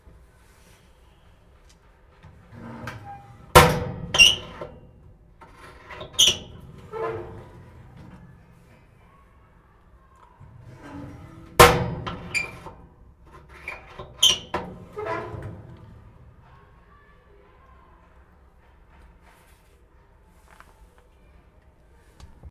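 A locker is handled: two sharp metal bangs near 3.5 and 11.5 seconds, each followed by rattling, clicking and scraping.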